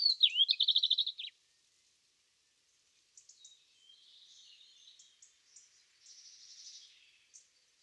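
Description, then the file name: European robin song, a bright, high warbled phrase with quick trills, followed after a pause by softer, thin, scattered high notes and twitters. "Erithacus rubecula"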